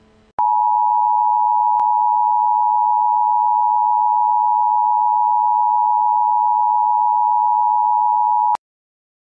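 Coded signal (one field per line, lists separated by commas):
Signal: Emergency Alert System (SAME) tones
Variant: 853 and 960 Hz attention tone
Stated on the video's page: Fictional evacuation EAS alert made with Scratch.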